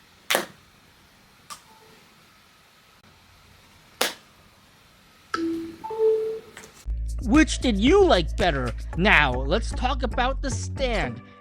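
An Anker 633 MagGo magnetic battery pack snaps onto the back of an iPhone with a sharp click at 0.3 s, and a second magnetic battery pack, the iPhone one, snaps on for comparison at 4.0 s; both packs seat firmly with a satisfying snap. After that, someone talks over music.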